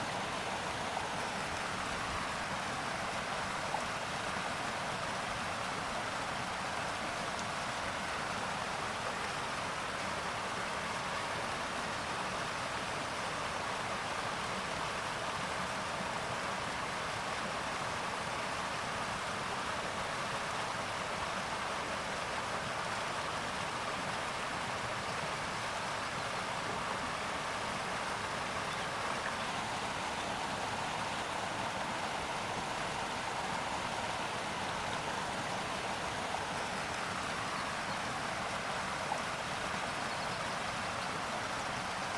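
A flowing river rushes steadily and densely, an even wash of water that stays constant throughout with no distinct bird calls standing out.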